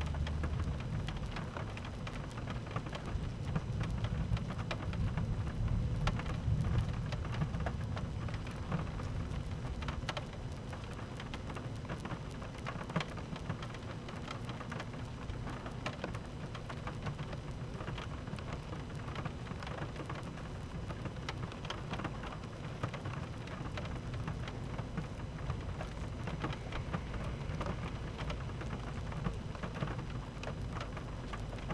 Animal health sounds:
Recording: honeybee colony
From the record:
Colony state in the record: active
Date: 12 June 2018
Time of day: 13:09

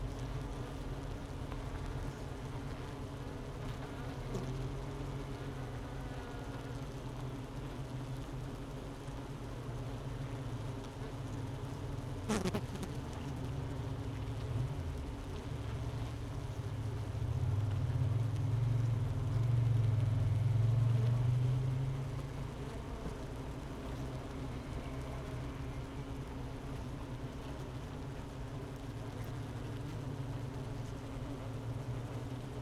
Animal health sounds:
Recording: honeybee colony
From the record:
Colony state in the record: missing queen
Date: 31 May 2018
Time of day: 10:50

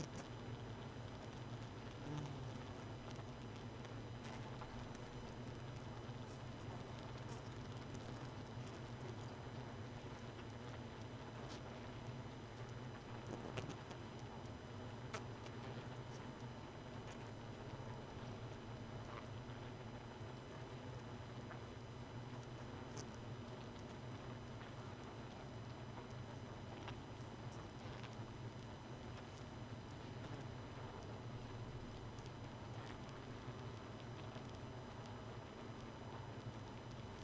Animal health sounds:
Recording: honeybee colony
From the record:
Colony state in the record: missing queen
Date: 31 May 2018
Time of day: 1:07

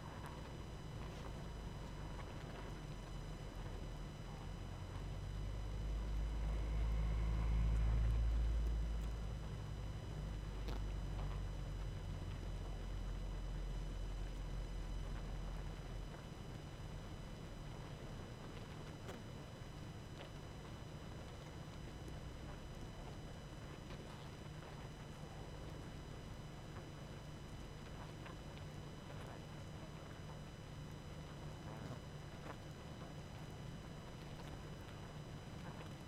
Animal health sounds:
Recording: honeybee colony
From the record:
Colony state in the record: active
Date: 12 June 2018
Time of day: 21:34

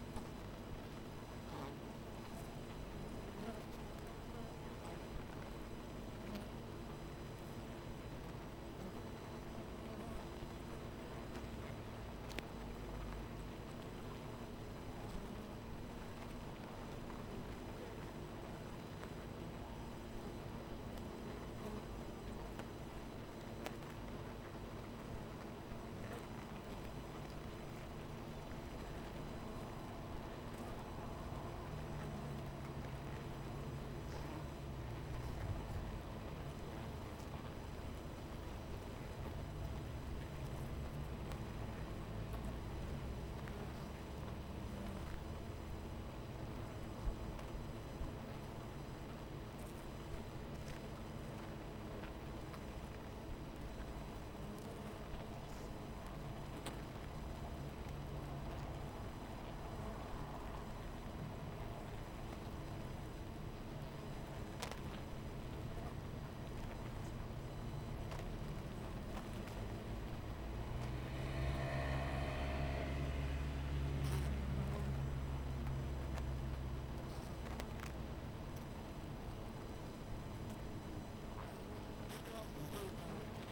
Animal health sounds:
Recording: honeybee colony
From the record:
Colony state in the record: missing queen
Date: 14 July 2017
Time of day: 12:26

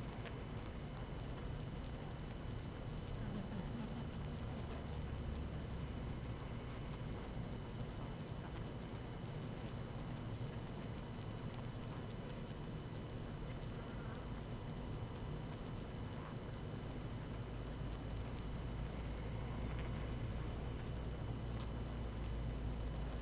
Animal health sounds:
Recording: honeybee colony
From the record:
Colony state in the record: active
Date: 12 June 2018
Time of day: 17:56

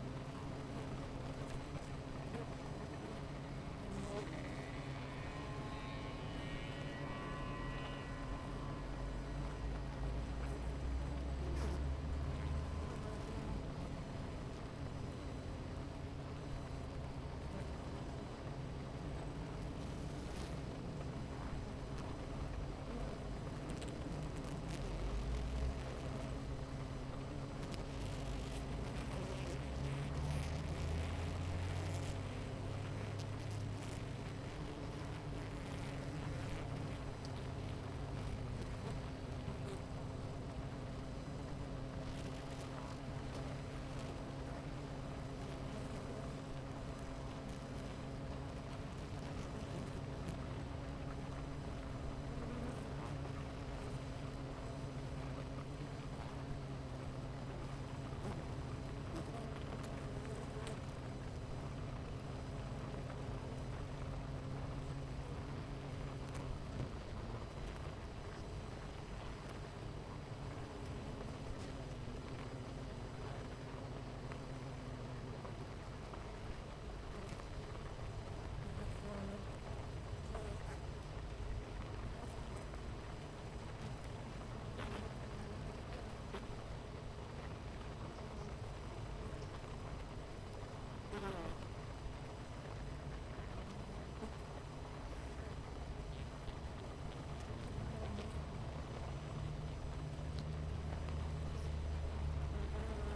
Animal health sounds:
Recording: honeybee colony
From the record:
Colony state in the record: missing queen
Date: 14 July 2017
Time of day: 9:24

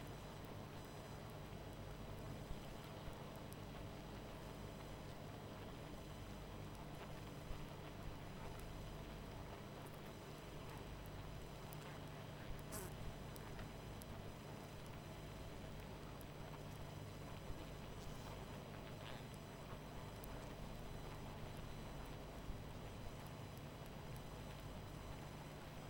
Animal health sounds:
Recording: honeybee colony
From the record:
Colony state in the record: missing queen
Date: 14 July 2017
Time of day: 21:14

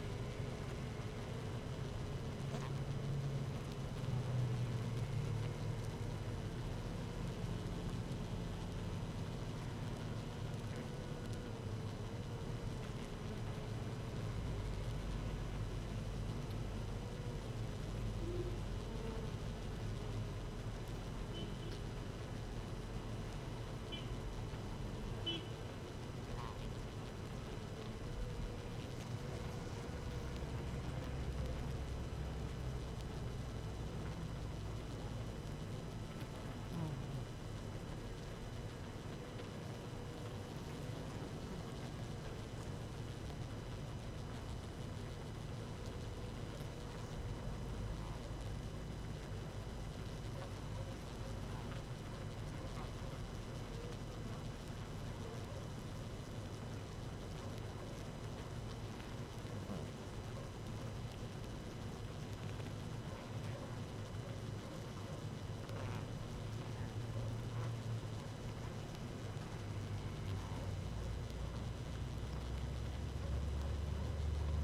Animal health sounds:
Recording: honeybee colony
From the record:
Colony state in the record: active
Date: 12 June 2018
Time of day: 18:00

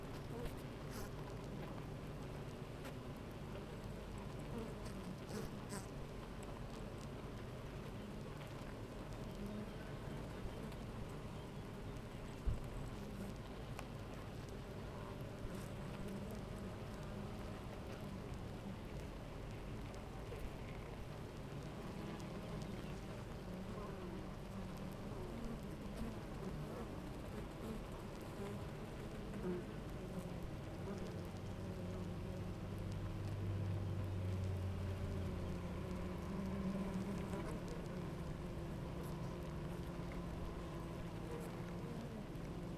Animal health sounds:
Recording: honeybee colony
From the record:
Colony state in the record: active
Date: 28 July 2017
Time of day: 9:20

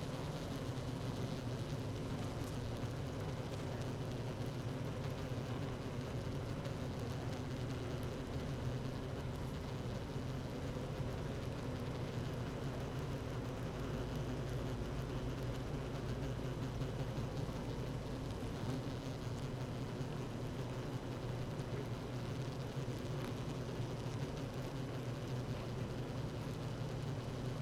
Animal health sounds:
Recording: honeybee colony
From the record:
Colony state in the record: active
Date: 12 June 2018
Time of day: 16:18

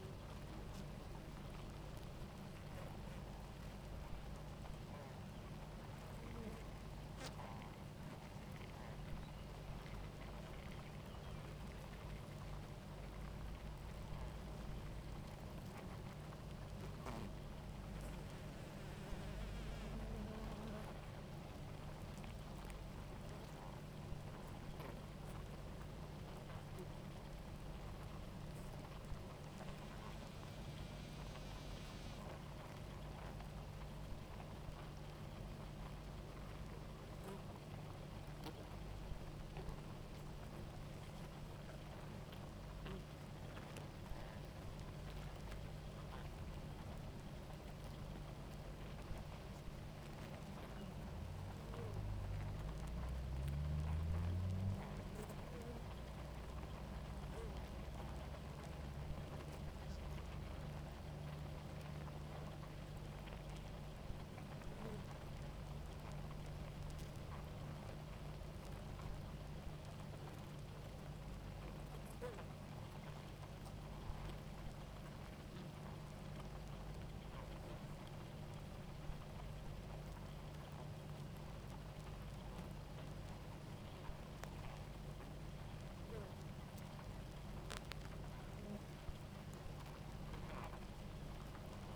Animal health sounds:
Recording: honeybee colony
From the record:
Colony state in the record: active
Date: 28 July 2017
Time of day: 17:56

